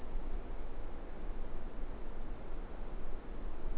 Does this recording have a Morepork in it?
no